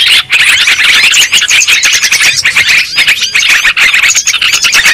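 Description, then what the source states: Lovebird flock calling, dense shrill twitters and squeaky notes, with a few brief dips in the chatter. Lure sound used for trapping birds.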